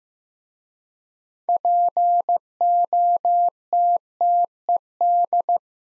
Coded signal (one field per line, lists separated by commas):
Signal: Morse code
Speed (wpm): 15 wpm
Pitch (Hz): 700 Hz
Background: none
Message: POTTED